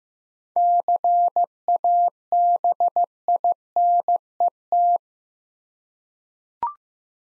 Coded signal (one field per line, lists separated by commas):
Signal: Morse code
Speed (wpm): 15 wpm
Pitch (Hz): 700 Hz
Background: none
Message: CABINET